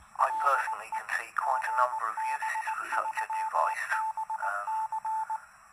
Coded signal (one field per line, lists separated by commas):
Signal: Morse code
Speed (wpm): 19 wpm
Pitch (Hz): 880 Hz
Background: speech, radio noise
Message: DE GB3BC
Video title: PicoAPRS, Set Frequency - Voice & APRS - FULL TX TEST (add memory channels)